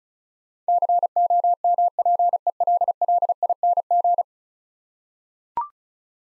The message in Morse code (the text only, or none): COMPELLING